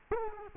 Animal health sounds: mosquito wingbeat signal from an infrared sensor; Culex quinquefasciatus

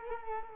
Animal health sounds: mosquito wingbeat signal from an infrared sensor; Culex quinquefasciatus

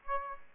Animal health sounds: mosquito wingbeat signal from an infrared sensor; Aedes aegypti

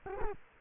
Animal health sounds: mosquito wingbeat signal from an infrared sensor; Culex quinquefasciatus

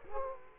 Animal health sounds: mosquito wingbeat signal from an infrared sensor; Culex quinquefasciatus

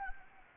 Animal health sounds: mosquito wingbeat signal from an infrared sensor; Anopheles gambiae

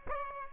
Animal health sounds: mosquito wingbeat signal from an infrared sensor; Aedes albopictus

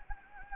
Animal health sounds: mosquito wingbeat signal from an infrared sensor; Anopheles gambiae

